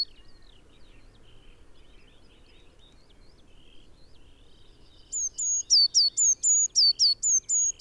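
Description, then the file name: Eurasian blue tit starting after five seconds of faint background chatter, then giving a brisk series of high whistled and down-slurred notes, roughly four per second. "Cyanistes caeruleus"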